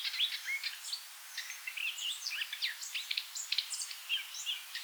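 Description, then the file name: Eurasian blackcap song: a varied warbling phrase of quick chirps and whistles, somewhat softer, over a light steady hiss. "Sylvia atricapilla"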